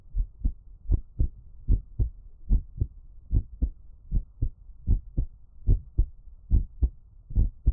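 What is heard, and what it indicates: A close-up adult heartbeat: low, muffled lub-dub beats repeat at a steady pace of about 74 per minute, each beat a clear pair of thumps. There is no talking and only a faint low hum behind the heartbeat.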